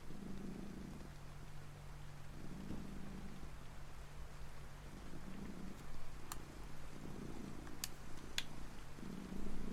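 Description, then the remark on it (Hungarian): A cat purrs steadily throughout, a low rhythmic rumble that swells and fades with each breath, with a few faint clicks and rustles over it. “mit csinálsz? Kis cica.”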